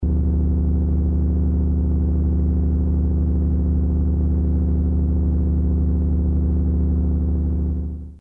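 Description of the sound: Simulated low-pitched tinnitus: a steady, continuous low-frequency hum and rumble with stacked tones concentrated below 200 Hz, holding an even level before fading out at the end.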